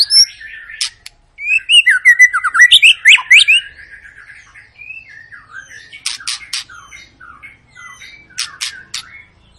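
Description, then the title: White-rumped shama song, a varied mix of rich whistles, slurred notes and sharp clicking bursts, with pauses between loud phrases. Long, chatty lure song used to prompt other birds to sing. "Pancingan Murai Batu Gacor Panjang"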